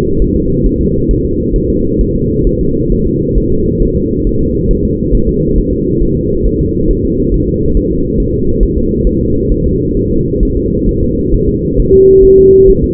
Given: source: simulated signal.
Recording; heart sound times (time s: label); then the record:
fetal heart sounds
0.22 s: S1
0.36 s: S2
0.66 s: S1
0.81 s: S2
1.11 s: S1
1.25 s: S2
1.56 s: S1
1.70 s: S2
2.01 s: S1
2.16 s: S2
2.47 s: S1
2.61 s: S2
2.92 s: S1
3.07 s: S2
3.38 s: S1
3.52 s: S2
3.82 s: S1
3.97 s: S2
4.27 s: S1
4.41 s: S2
4.71 s: S1
4.85 s: S2
5.14 s: S1
5.29 s: S2
5.58 s: S1
5.73 s: S2
6.02 s: S1
6.17 s: S2
6.47 s: S1
6.61 s: S2
6.91 s: S1
7.05 s: S2
7.34 s: S1
7.48 s: S2
7.77 s: S1
7.91 s: S2
8.20 s: S1
8.34 s: S2
8.63 s: S1
8.77 s: S2
9.07 s: S1
9.21 s: S2
9.51 s: S1
9.66 s: S2
9.97 s: S1
10.11 s: S2
10.43 s: S1
10.57 s: S2
10.89 s: S1
11.03 s: S2
11.34 s: S1
11.49 s: S2
11.80 s: S1
11.94 s: S2
12.25 s: S1
12.39 s: S2
12.70 s: S1
12.84 s: S2
From the record:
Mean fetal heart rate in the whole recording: 135 bpm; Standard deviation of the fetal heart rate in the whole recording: 3 bpm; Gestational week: 36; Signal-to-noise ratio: -15.3 dB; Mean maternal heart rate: 72 bpm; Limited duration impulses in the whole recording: present